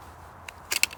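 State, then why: Seated. A carving knife is pushed into its sheath, which has a tight retention lock, and it clicks into place at 0.8 s with no movement once in. Before the click there is a faint tick near 0.5 s and a scraping burst around 0.7 s, with a softer tick near 0.9 s after it.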